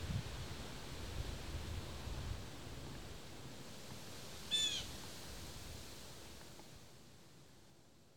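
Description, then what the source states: Blue jay uttering one short raspy call midway, with low wind and rustling early on that fades toward the end. Recorded in autumn, October, in wind.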